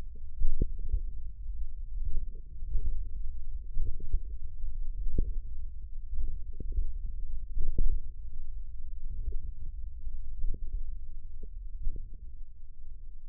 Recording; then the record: forearm muscle sounds (acoustic myography)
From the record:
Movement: hand closing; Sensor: system 1, eight BSWA MPA416 microphones around the upper forearm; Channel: 6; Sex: male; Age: 54 years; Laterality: right